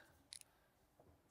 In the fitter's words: table side space here and let's see how this okay oh and that locks into place nice and easy